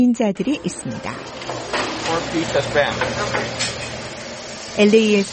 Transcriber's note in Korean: 현장음: 룻츠 하와이안 카페